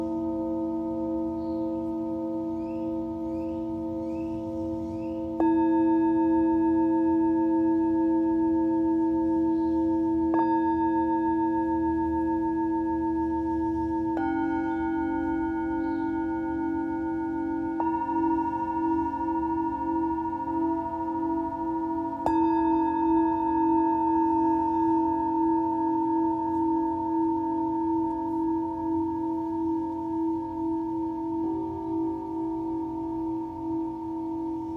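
Singing bowls ring in a sound healing session, struck afresh about every four to five seconds, near 5, 10, 14, 18, 22 and 31 seconds. Each strike adds a clear ringing tone over long, overlapping sustained tones, with a slow wavering shimmer and a low steady hum underneath.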